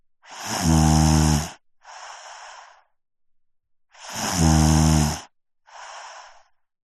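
Two loud, low, rattling snores on the in-breath, each followed by a softer airy out-breath; a 5-year-old boy snoring, heard close up.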